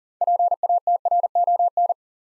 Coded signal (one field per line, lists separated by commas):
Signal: Morse code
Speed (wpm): 40 wpm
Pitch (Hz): 700 Hz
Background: none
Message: PATRON